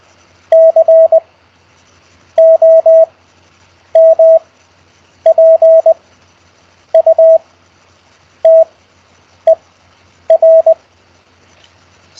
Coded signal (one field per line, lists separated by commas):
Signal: Morse code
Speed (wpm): 20 wpm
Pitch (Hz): 650 Hz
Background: none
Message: COMPUTER